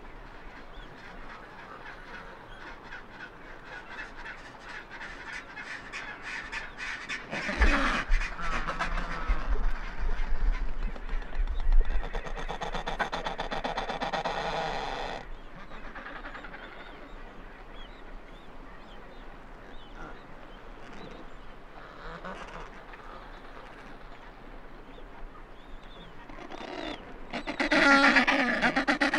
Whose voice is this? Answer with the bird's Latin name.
Pygoscelis adeliae